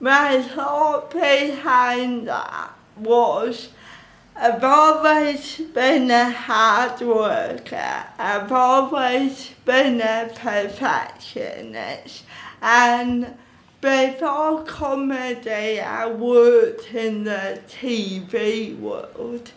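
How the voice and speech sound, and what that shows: An adult woman speaks slowly and deliberately, drawing out vowels and consonants, with frequent pauses and some creaky, nasal voicing. The pattern fits dysarthria from cerebral palsy she has had since childhood, a motor speech disorder that slows speech and affects articulation.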